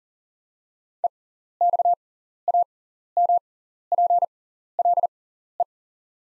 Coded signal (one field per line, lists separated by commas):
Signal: Morse code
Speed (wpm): 40 wpm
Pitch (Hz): 700 Hz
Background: none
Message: EXAMPLE